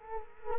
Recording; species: mosquito wingbeat signal from an infrared sensor; Culex quinquefasciatus